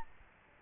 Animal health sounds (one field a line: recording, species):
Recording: mosquito wingbeat signal from an infrared sensor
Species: Aedes albopictus